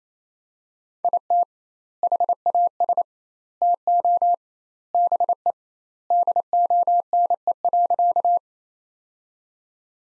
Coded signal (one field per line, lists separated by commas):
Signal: Morse code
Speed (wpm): 28 wpm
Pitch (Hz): 700 Hz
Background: none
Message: IT HAS TO BE DONE.